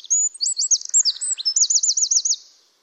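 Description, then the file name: Eurasian wren song: a rapid, high-pitched burst of sharp chips and warbles ending in a fast, even trill, under three seconds long. "Troglodytes troglodytes"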